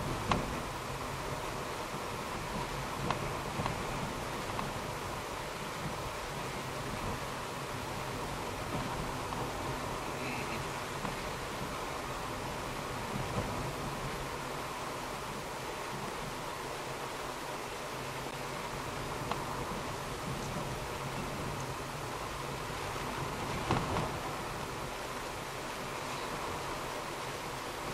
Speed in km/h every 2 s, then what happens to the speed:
49, 50, 49, 49, 48, 48, 47, 47, 47, 47, 46, 47, 48, 50.
0-28 steady at about 48.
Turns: none.